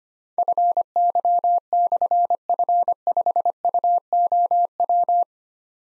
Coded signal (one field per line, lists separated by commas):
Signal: Morse code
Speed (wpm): 25 wpm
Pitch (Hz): 700 Hz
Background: none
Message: FY/F5UOW